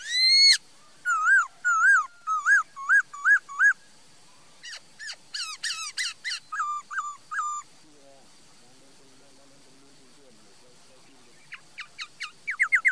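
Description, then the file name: Laughingthrush song: loud whistled notes repeated in a quick series, then buzzy phrases, a quiet stretch with faint low sounds, and a closing run of sharp notes. "Tieng khuou hot"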